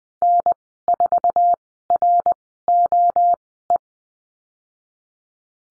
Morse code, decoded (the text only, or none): N4ROE